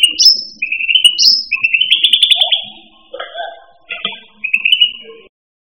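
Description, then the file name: Cucak rante song: whistled notes and a quick trill, then lower chattering phrases and another short whistle before silence. "suara burung cucak rante. omkicau"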